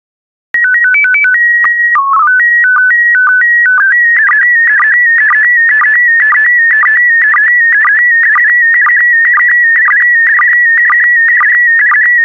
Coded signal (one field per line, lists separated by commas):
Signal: SSTV (slow-scan television)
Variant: PD 120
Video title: 129071 Germany by Dave Bartruff SSTV PD120